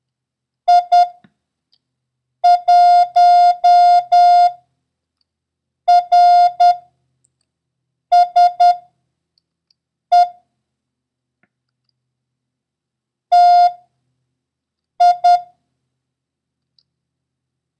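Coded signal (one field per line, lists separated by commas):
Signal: Morse code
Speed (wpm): 10 wpm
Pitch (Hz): 710 Hz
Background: none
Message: I 1 R S E T I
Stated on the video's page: Morse code lesson covering the letters S, O, R and the number 1, with random practice runs.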